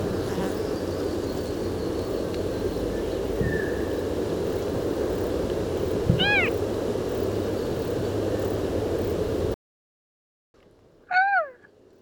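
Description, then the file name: Swamp harrier calls: a faint brief whistle, then a short harmonic-rich call, and after a break another louder call; background hiss through most. "Circus Approximans"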